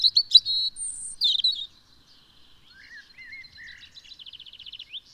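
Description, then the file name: European robin singing high thin notes and twittering whistles, then quieter, lower slurred notes and a fast trill. "Erithacus rubecula"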